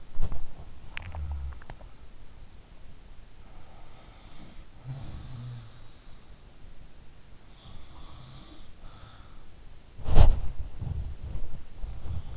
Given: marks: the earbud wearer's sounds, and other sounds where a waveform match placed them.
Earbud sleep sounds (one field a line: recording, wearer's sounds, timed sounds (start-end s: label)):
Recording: sounds in sleep by an in-ear microphone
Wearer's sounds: body movement, teeth grinding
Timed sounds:
0.00-0.91 s: body movement
0.84-1.81 s: sound from someone else or the room
0.84-2.02 s: teeth grinding
3.28-6.27 s: sound from someone else or the room
7.48-9.44 s: sound from someone else or the room
9.78-12.37 s: body movement